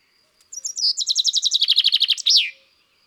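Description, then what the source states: Common chaffinch song: a fast run of high sweet notes speeding into a descending rattling trill, closed by a sharp rising-falling flourish, all over in about two seconds. Garden bird.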